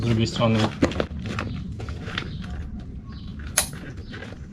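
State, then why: Seated. After a bicycle saddle bag is rolled closed, the plastic tongue of the second side-release buckle on the bag's strap, on the other side, is pushed into its receiver while someone talks. Light handling taps lead up to a loud, sharp snap at 3.6 s as the buckle clicks shut and seats.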